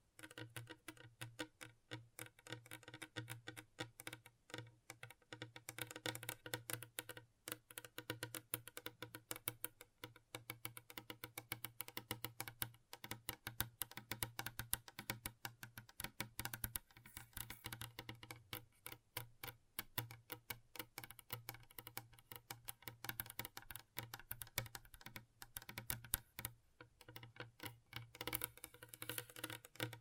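Gentle tapping goes on continuously, a fast, dense patter of light clicks much like typing on a keyboard. The taps come in quick irregular runs with brief pauses, crisp and bright, over a steady low hum that stays underneath throughout.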